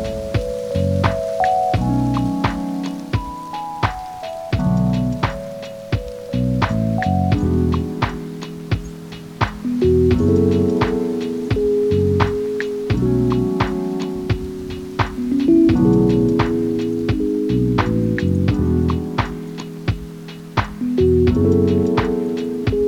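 Lo-fi music plays at a relaxed, steady pace: soft, warm chords and a low bass line shift every second or so, with a gentle melody above. Crisp drum hits tap out a regular beat throughout, even in loudness.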